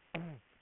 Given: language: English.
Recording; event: throat vibration sensor signal played as sound; throat clearing